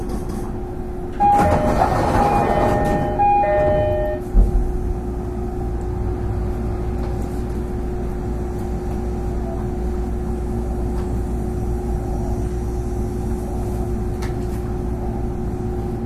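Running sound of a 305 series electric train. A steady low rumble with a constant whine runs throughout, while from about one to four seconds a brighter burst of squealing, shifting tones rises over it before settling back to the even hum.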